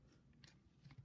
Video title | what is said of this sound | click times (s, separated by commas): Lego Ninjago: Dragons Rising (Season 4) 71869 Land Bounty | it said, you should hear click like this. | 0.4 s